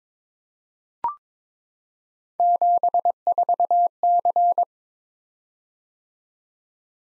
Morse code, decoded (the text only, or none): 74C